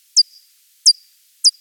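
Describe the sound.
Pipistrelle bat calls: three short high calls, each sweeping steeply downward into a brief flat tail, with silence between.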